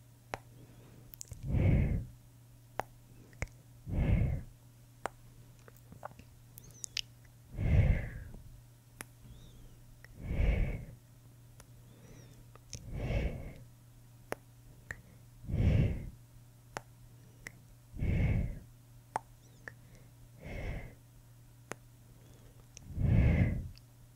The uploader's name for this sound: tongue clicking, shh, boop